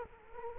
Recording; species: mosquito wingbeat signal from an infrared sensor; Culex quinquefasciatus